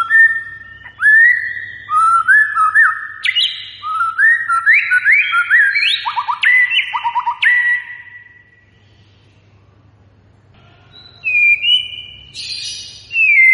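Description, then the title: White-rumped shama singing rich, fluty whistles in quick rising and falling series, broken by fast trills, a short silence, then bright high notes. Lure recording meant to make a white-rumped shama respond; the bird is described as singing actively. "PANCINGAN MEWAH MURAI BATU GACOR, SEKALI DENGAR AMPUH LANGSUNG RESPON"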